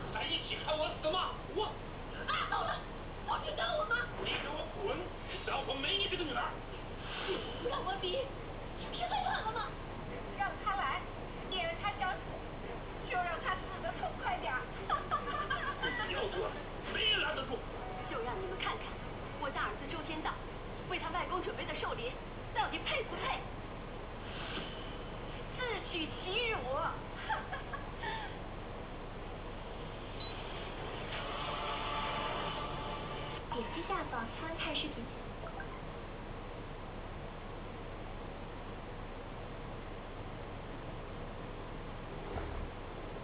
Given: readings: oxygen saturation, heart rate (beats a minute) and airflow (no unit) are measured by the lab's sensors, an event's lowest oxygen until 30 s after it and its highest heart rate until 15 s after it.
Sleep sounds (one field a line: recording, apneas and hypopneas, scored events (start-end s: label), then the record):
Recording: a person awake in a sleep study, by a voice recorder at the bedside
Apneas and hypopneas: none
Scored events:
0.00-43.24 s: awake
From the record:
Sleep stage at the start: awake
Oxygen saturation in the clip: 92 to 93%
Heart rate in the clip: 58 to 62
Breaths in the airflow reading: 15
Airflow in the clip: -11.2 to 10.8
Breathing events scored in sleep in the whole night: 476 in 9.7 hours asleep